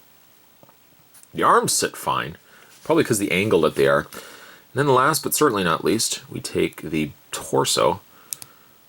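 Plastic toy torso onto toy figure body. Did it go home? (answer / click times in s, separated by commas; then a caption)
yes / 8.3 s, 8.4 s. Someone talks while the plastic torso piece of a small capsule-toy robot figure is pressed onto its assembled legs and arms. A sharp double click sounds at 8.3 s and 8.4 s as the torso snaps into place.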